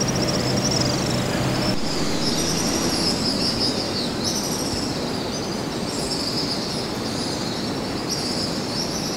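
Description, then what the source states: House swift calls, high buzzy trilled screams repeated in overlapping bursts throughout, above a steady heavy rumble of background noise. 2 August 2009.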